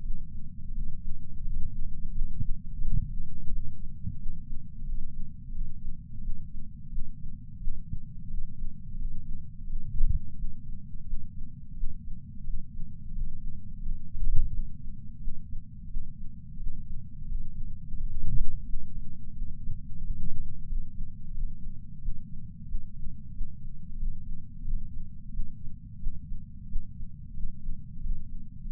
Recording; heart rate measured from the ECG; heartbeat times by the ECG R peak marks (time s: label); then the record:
heart sounds by patch sensor on the chest; 88 bpm
0.02 s: heartbeat
0.74 s: heartbeat
1.44 s: heartbeat
2.13 s: heartbeat
2.82 s: heartbeat
3.50 s: heartbeat
4.18 s: heartbeat
4.86 s: heartbeat
5.53 s: heartbeat
6.22 s: heartbeat
6.90 s: heartbeat
7.60 s: heartbeat
8.30 s: heartbeat
8.98 s: heartbeat
9.67 s: heartbeat
10.36 s: heartbeat
11.06 s: heartbeat
11.75 s: heartbeat
12.45 s: heartbeat
13.14 s: heartbeat
13.83 s: heartbeat
14.51 s: heartbeat
15.20 s: heartbeat
15.89 s: heartbeat
16.58 s: heartbeat
17.28 s: heartbeat
17.97 s: heartbeat
18.66 s: heartbeat
19.34 s: heartbeat
20.02 s: heartbeat
20.69 s: heartbeat
21.35 s: heartbeat
22.01 s: heartbeat
22.67 s: heartbeat
23.33 s: heartbeat
23.99 s: heartbeat
24.65 s: heartbeat
25.32 s: heartbeat
25.99 s: heartbeat
26.68 s: heartbeat
27.35 s: heartbeat
28.03 s: heartbeat
28.70 s: heartbeat
From the record:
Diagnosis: coronary artery disease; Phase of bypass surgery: preoperative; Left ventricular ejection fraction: 50.8%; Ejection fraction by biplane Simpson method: 50%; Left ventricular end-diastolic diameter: 50 mm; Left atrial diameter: 32 mm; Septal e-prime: 7.2 cm/s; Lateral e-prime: 9.1 cm/s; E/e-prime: 8.5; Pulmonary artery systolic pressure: 23 mmHg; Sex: male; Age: 65 years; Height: 170 cm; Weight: 65 kg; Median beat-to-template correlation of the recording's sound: 0.75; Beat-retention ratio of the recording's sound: 0.96